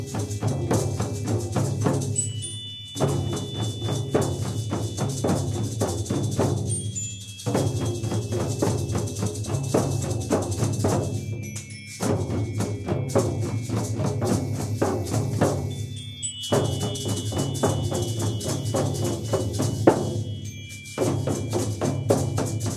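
Improvised drum circle playing a galloping horse-beat pattern, dense hand drumming with a strong low thump under bright ringing tones. The rhythm runs in phrases of about four to five seconds, each ending in a brief drop-off before the next begins.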